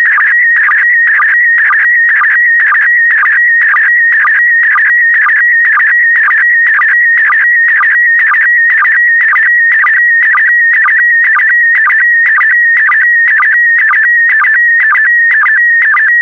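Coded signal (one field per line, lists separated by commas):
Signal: SSTV (slow-scan television)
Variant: PD120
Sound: steady whistling tone with rapid warbles and short low chirps about twice per second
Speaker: complete you can now check your decoded image against the picture that is shown on the video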